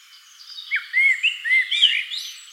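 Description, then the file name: Common blackbird song, short warbled whistles rising and falling, ending in a thin, scratchy twitter. "Turdus merula"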